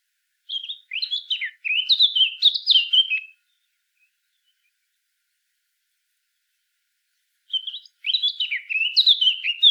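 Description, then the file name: Eurasian blackcap song: two rich warbling phrases mixing scratchy notes with clearer whistled notes, separated by about four seconds of silence. "Sylvia atricapilla"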